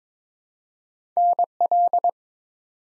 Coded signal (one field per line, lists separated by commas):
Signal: Morse code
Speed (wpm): 22 wpm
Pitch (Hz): 700 Hz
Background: none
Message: NL